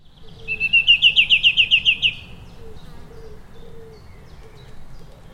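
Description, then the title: Song thrush giving a rapid run of about ten bright, slurred notes in a steady series, then quiet with soft low background sounds. Complicated songs from a tree high above the River Thames in rural Oxfordshire, recorded on a hot, close summer's day. "Song thrush by the River Thames"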